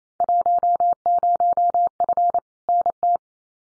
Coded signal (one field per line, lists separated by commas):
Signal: Morse code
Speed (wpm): 28 wpm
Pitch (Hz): 700 Hz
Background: none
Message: 10F NT